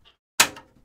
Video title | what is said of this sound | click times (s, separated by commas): Building My Wife's Custom Gaming Computer LIVE! | these sleds just pop right in your | 0.4 s